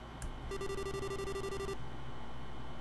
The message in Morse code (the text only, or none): none